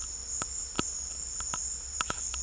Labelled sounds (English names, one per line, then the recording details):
none
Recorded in secondary vegetation near Puerto Asís, Putumayo, Colombia, on 21 December 2024 at 12:30
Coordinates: 0.488, -76.319
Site GP04